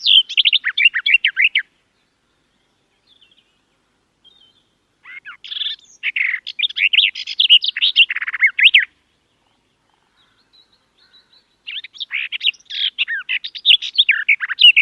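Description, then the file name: Garden warbler delivering several long bursts of fast, chattering, melodious warbling separated by short quiet gaps, with a few soft notes in between. "Canto do felosa das figueiras"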